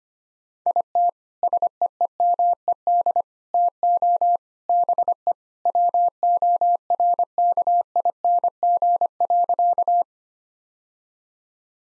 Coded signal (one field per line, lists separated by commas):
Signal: Morse code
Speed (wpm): 25 wpm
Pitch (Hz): 700 Hz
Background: none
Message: IT SEEMED TO BE WORKING.